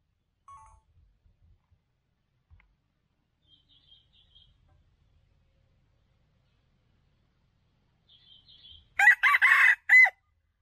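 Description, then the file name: Red junglefowl: long near-silence with a few faint high chirps, then one abrupt harsh four-part crow near the end. Wild male junglefowl crowing. "Tieng ga trong rung gay"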